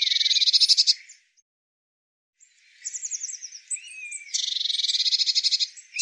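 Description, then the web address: Eurasian blue tit calls: a fast buzzy churring trill, a pause, then thin high notes and another long scolding churr, with no other sounds. Recording cleaned and normalized. "cianscape birddata Deverinetal 2025 File cleaned normalized Bird Cy Ca"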